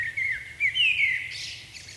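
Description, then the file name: Common blackbird phrase of mellow warbled notes sliding around a mid pitch, ending in a thin squeaky twitter, over quiet background hiss. "Turdus merula"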